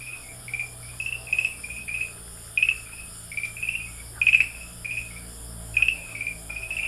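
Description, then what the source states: Farmland green tree frog gives rows of short, bright chirps, with a few louder notes standing out. Recorded at Dalin, 30 May 2009.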